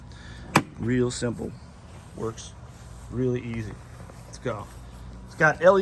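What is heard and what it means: A lithium battery pack is unlatched from an EGO battery-powered lawn mower by lifting the green plastic latch and sliding the pack out, giving one sharp click at 0.6 s. Someone talks before and after the click, and the pack ends up released from the mower.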